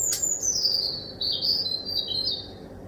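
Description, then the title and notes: Bird song of long, descending high warbling phrases, preceded by a sharp click near the start, with a low steady hum beneath. Recorded at 1 am from a kitchen window. "Birdsong Recorded From My Kitchen Window At 1 Am by Speculativism"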